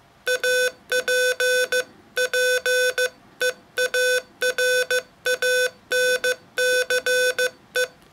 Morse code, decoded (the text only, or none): APPEARANCE